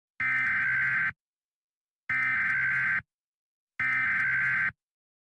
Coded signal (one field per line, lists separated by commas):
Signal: Emergency Alert System (SAME) tones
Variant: header bursts